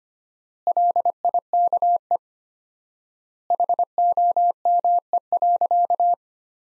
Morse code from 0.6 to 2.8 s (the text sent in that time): LIKE